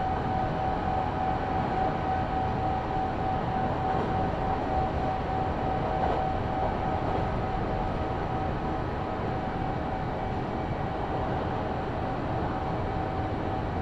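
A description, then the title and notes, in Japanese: A Kintetsu Osaka Line express train riding between Nabari and Yamato-Asakura, a steady, dense rumble of wheels and motor that holds level for the whole stretch. A thin constant whine sits above the low roar, with faint clicks and rattles mixed in. 近鉄大阪線 急行 名張→大和朝倉。平日のお昼時、そろそろ学生の乗り降りが始まりそうな時間帯です。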